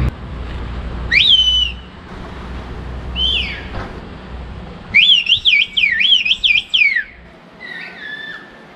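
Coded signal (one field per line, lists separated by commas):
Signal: whistled language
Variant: Turkish bird language (Kuş dili)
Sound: loud clear human whistles gliding up and down in pitch, three phrases, longest warbling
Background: outdoor background noise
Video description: We heard about a mountain village called Kuşköy where people communicate in a very special way!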